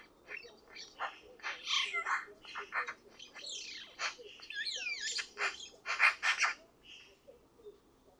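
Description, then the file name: Eurasian magpie giving harsh, rattling chatter in rapid clustered bursts, mixed with a few short squeaky notes, over faint background hiss. "Pica pica"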